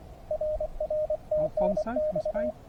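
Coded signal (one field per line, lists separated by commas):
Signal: Morse code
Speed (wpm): 24 wpm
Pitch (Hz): 590 Hz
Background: speech, radio noise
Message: RR TNX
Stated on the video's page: Morse from a SOTA summit activation of a 2543 m Austrian peak, only its second activation, during a hike-and-fly paragliding trip.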